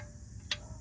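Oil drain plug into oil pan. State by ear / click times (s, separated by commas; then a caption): not seated / none. A metal oil drain plug on a Jeep is turned backwards in the oil pan hole to line its threads up. A quiet, steady low hum runs throughout, broken by one brief, bright tick at about 0.5 s. Nothing has seated or clicked into line yet.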